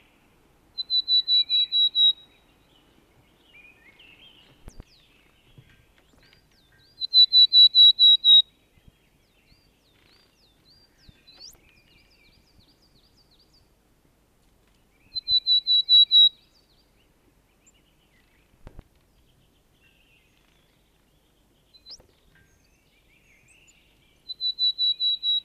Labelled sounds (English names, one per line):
Willow Tit song